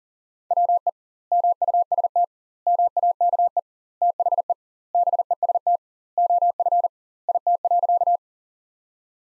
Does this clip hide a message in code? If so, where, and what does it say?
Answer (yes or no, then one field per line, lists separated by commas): yes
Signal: Morse code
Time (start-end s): 0.5-8.2 s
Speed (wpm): 40 wpm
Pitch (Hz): 700 Hz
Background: none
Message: WE MUST MAKE THE BEST OF IT.